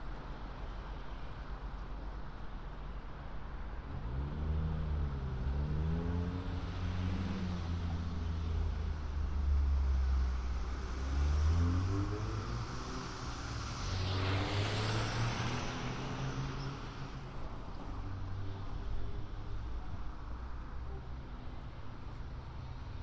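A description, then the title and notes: Walking around London, a steady street rumble carries a vehicle passing around four to twelve seconds and another rushing by near fifteen. A binaural field recording of walking around London.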